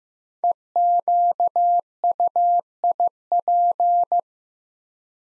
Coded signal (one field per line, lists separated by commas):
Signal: Morse code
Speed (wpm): 15 wpm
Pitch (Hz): 700 Hz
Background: none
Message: EQUIP